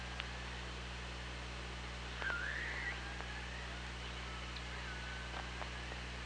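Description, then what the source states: Killer whale call: one bright rising call and a scattering of clicks, set against steady underwater hiss and low hum. OrcaLab hydrophone, 24 August 2017, around 16:01.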